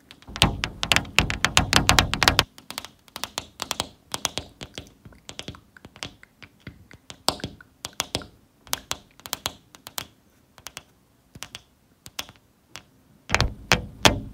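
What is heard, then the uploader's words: Long nails tap on a window in sharp, bright clicks. A rapid, dense flurry with a low knocking undertone opens the first two seconds and returns near the end, while the middle holds sparser, irregular taps with short pauses between them. ASMR Tapping with Long Nails Window Tapping.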